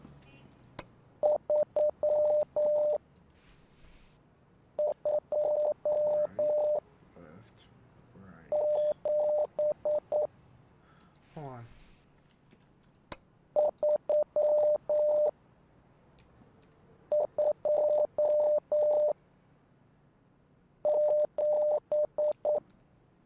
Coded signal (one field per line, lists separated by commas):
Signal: Morse code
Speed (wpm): 9 wpm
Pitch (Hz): 600 Hz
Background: speech, radio noise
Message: 327327